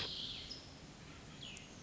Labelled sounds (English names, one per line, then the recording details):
Cassin's Vireo
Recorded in Sonoma County, California